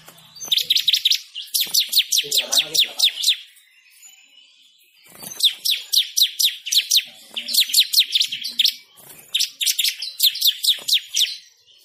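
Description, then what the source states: Bird song of bright, descending high chirps delivered in rapid series, several bursts broken by quieter stretches. Bird with a melodious voice.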